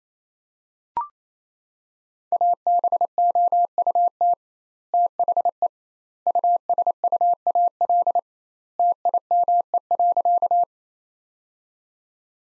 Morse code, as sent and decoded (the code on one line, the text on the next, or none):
.- -... --- ..- - / - .... . / ..- ... ..- .- .-.. / - .. -- . .-.-.-
ABOUT THE USUAL TIME.